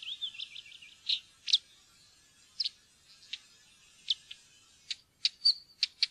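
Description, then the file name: Northern wheatear song: a fast scratchy warble at first, then spaced dry clicks and short squeaky notes toward the end. "steinskvett"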